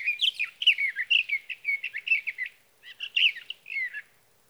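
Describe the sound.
Sage thrasher song: rapid tumbling warbles of squeaky slurred notes, a brief pause, then another short burst of warbling.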